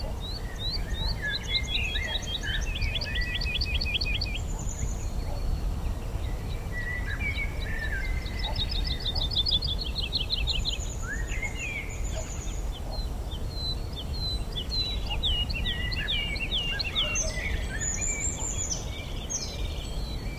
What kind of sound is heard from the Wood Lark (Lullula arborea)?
flight song